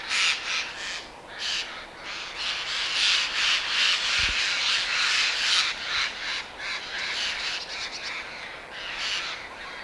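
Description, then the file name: Eurasian jay producing a long run of grating, hoarse screeches that rise and fall in loudness, with one brief low thump midway. "Garrulus glandarius"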